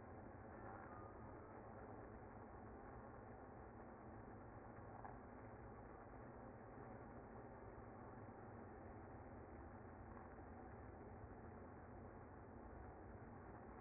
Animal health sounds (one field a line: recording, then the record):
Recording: honeybee colony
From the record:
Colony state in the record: active